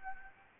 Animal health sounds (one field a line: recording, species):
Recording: mosquito wingbeat signal from an infrared sensor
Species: Anopheles arabiensis